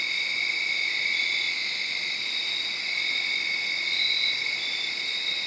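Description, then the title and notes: Crickets trilling in a dense continuous chorus, high steady bands with only a faint louder chirp toward the end. Made around midnight, late Saturday night into Sunday morning, under a tree in Sharon, Pennsylvania. "Crickets (field recording). late on Saturday night/Sunday morning. The location was in Sharon, Pennsylvania, under a tree"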